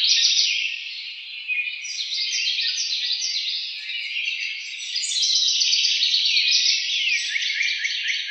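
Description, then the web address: House wren singing a fast, jumbled cascade of high, bubbly notes and descending trills that run on without a break. Recorded on 4 January 2007. "House Wren 2007 01 04"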